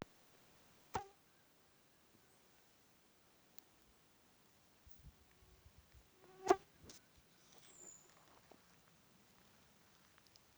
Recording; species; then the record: mosquito flight sound by mobile phone; Aedes sierrensis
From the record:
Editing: field recording with all noises